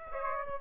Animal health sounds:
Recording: mosquito wingbeat signal from an infrared sensor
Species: Aedes aegypti

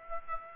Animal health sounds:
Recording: mosquito wingbeat signal from an infrared sensor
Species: Aedes aegypti

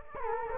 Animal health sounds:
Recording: mosquito wingbeat signal from an infrared sensor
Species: Culex quinquefasciatus

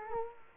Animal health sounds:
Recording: mosquito wingbeat signal from an infrared sensor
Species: Culex quinquefasciatus

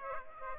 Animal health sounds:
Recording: mosquito wingbeat signal from an infrared sensor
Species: Aedes aegypti

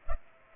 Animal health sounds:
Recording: mosquito wingbeat signal from an infrared sensor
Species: Culex pipiens

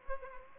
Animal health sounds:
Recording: mosquito wingbeat signal from an infrared sensor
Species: Culex pipiens

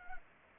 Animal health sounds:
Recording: mosquito wingbeat signal from an infrared sensor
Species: Culex pipiens

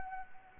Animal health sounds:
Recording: mosquito wingbeat signal from an infrared sensor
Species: Anopheles arabiensis

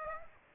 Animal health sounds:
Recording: mosquito wingbeat signal from an infrared sensor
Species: Aedes aegypti

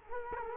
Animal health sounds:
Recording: mosquito wingbeat signal from an infrared sensor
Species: Culex quinquefasciatus

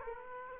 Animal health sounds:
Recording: mosquito wingbeat signal from an infrared sensor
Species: Aedes aegypti

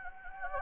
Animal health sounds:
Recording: mosquito wingbeat signal from an infrared sensor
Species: Anopheles gambiae

